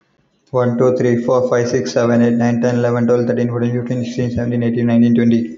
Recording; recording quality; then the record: counting at a fast pace; excellent, no background noise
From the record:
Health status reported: healthy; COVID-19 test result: not tested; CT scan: not taken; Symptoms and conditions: none ticked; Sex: male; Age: 25 years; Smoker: no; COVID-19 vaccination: one dose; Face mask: not worn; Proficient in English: yes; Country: India